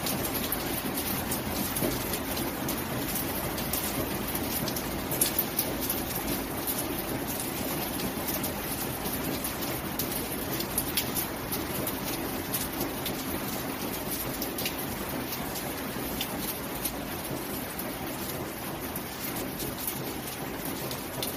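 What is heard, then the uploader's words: Rain drums steadily on a tin roof, a dense, unbroken patter that holds the same level for the whole stretch. Sharper individual drops tick through the bright top, while a low, hollow rumble fills the bottom, with a few louder knocks around five and eleven seconds. Rain on the Tin Roof of a Remote Cabin.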